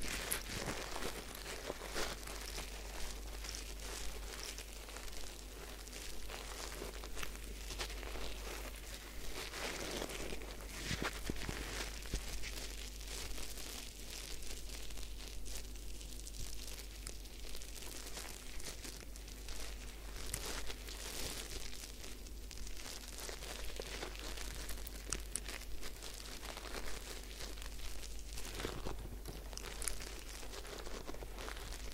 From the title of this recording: Head Spa Hair Wash, Massage, Ear Cleaning